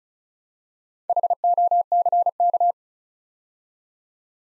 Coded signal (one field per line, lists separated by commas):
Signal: Morse code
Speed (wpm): 36 wpm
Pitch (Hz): 700 Hz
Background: none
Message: HOCK